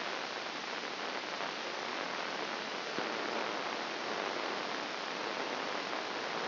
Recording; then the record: brain microelectrode recording played as sound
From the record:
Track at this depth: inside the subthalamic nucleus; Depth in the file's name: 4.465 mm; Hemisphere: left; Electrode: 2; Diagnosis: Parkinson's disease